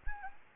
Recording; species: mosquito wingbeat signal from an infrared sensor; Anopheles gambiae